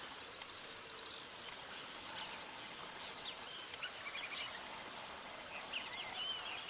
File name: Canto do suiriri cinzento